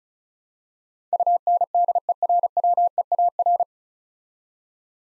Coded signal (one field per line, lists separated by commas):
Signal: Morse code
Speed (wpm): 33 wpm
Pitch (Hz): 700 Hz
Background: none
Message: UNDERWEAR